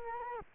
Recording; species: mosquito wingbeat signal from an infrared sensor; Culex quinquefasciatus